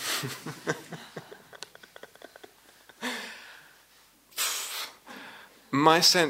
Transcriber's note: laughter